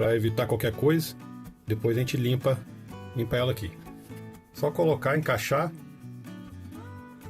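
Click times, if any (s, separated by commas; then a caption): none. A plastic cover is being handled onto an action camera body, after a small plastic piece has been fitted back into place. Someone talks over music throughout, and the clip ends before the cover snaps shut, so nothing has seated or clicked yet.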